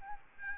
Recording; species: mosquito wingbeat signal from an infrared sensor; Aedes albopictus